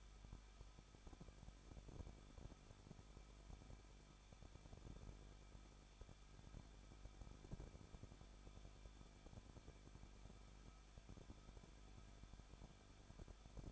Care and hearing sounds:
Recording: daily activity, microphone in the room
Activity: no activity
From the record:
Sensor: 5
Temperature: 20.8 degrees Celsius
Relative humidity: 38.3%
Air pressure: 1006.6 hPa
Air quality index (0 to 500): 186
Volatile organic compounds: 17 ppm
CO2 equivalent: 2597 ppm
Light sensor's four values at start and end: 2/3/1/1 and 2/3/1/1

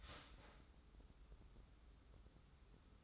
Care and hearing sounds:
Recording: daily activity, microphone in the room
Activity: start toaster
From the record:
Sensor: 3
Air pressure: 994.4 hPa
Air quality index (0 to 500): 201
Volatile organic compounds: 1000 ppm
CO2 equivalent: 6657 ppm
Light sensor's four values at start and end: 187/449/189/189 and 187/448/189/189

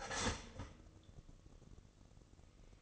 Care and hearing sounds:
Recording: daily activity, microphone in the room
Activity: start toaster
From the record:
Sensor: 4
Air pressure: 1008.0 hPa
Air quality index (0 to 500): 103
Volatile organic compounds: 1 ppm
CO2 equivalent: 768 ppm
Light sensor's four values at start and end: 8/18/7/7 and 9/20/8/8

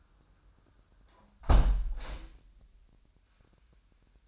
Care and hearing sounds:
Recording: daily activity, microphone in the room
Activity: close window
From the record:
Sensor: 2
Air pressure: 998.3 hPa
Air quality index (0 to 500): 132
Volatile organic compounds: 3 ppm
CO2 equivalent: 1502 ppm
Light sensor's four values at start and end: 7/15/6/7 and 6/15/6/7

